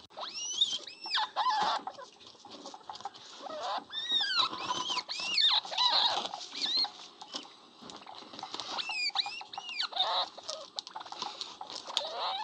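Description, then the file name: Jerboa chatter: a busy run of high, thin squeaks and sweeping whistled notes with scratchy patter. "Tushkanchik"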